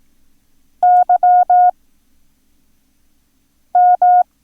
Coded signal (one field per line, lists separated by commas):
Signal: Morse code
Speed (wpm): 18 wpm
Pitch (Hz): 720 Hz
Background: none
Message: YM